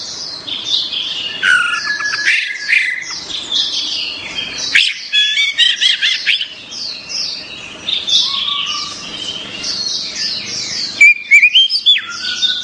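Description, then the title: Orange-headed thrush in long, varied song, rapid chirps and slurred whistles with some lower notes, flowing almost without pause. "Anis Merah"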